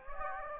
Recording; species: mosquito wingbeat signal from an infrared sensor; Anopheles gambiae